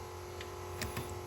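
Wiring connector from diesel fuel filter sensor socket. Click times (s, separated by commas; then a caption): 0.4 s, 0.8 s. The inner tab of a plastic wiring connector on the diesel fuel filter sensor socket of a Toyota Innova is pressed, giving clicks at 0.4 s and 0.8 s. The connector then unlatches and is pulled off the socket.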